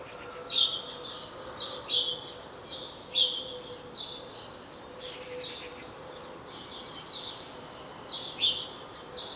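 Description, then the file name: House sparrow chirps, short harsh notes repeated irregularly about once a second, with a faint steady low hum underneath. "Passer domesticus"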